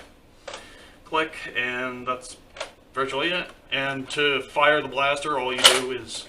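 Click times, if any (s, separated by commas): 0.5 s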